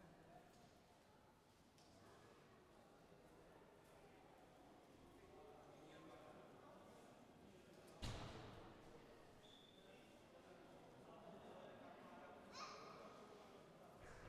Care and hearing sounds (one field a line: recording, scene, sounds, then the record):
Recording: everyday scene through a hearing-aid microphone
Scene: reverberant space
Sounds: background noise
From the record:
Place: railway station hall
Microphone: behind the ear, left, front